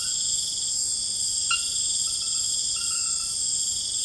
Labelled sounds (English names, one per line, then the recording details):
none
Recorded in dense forest near Puerto Asís, Putumayo, Colombia, on 20 February 2024 at 03:30
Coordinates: 0.487, -76.319
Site G6403